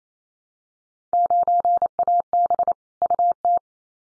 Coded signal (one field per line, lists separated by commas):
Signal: Morse code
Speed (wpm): 28 wpm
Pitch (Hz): 700 Hz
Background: none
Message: 9AB UT